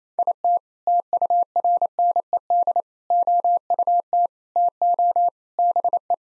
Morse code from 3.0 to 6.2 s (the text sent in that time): OUT TO BE